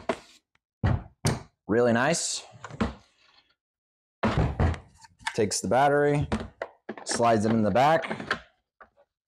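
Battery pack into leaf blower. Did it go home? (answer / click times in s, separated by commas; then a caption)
no / none. Someone talks while a DeWalt 60V Flexvolt battery pack is handled and slid toward the rear slot of a leaf blower, with a few short, sharp thumps and knocks between the words. The pack is not yet home, and nothing has seated or clicked by the end of the clip.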